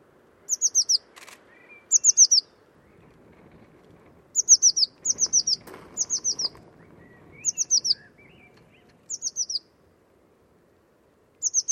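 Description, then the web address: Bird repeating brief clusters of high, falling notes over a low background rumble, with a few faint rustling noises. Bird-only recording. "cianscape birddata Deverinetal 2025 File origin Bird Only Cy Ca"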